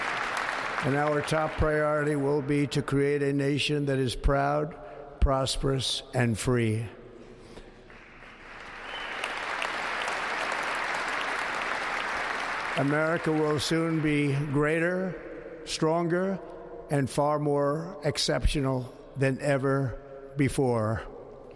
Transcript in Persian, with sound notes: And our top priority will be to create a nation that is proud, prosperous, and free.
(APPLAUSE)
America will soon be greater, stronger, and far more exceptional than ever before.